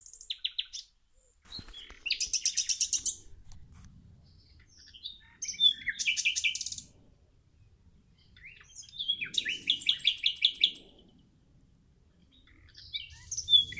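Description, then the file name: Common nightingale singing in separate phrases: several loud rapid rattling series divided by short pauses and scattered high notes, with faint low background rumble. "Luscinia megarhynchos"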